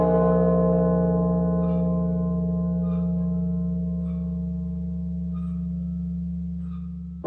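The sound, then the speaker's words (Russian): A deep bell rings with a rich, sustained hum of layered tones that hangs in the air and fades only slightly over several seconds, with faint shimmering overtones pulsing above it. “Знаете, друзья, когда я слышу колокол, то вспоминаю слова Антония, митрополита Сурожского, о том, что Бог изначально создал нас созвучными себе.”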